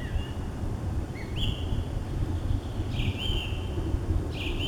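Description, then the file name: Song thrush song of short whistled notes delivered in separated bursts against a steady low rumble. Recorded 23 April 2015. "Pevchij drozd - 23 04 2015"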